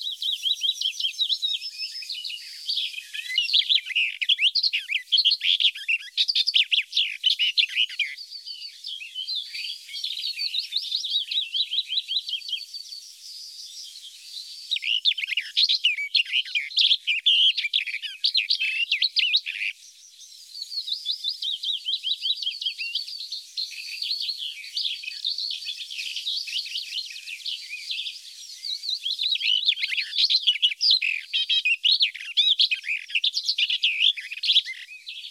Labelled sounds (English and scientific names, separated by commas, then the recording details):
Barred Warbler (Sylvia nisoria) song
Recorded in the wild
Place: Flögelner See, Schleswig-Holstein, DE
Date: 1981-06-05
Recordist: Schwarz, Dieter